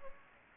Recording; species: mosquito wingbeat signal from an infrared sensor; Aedes aegypti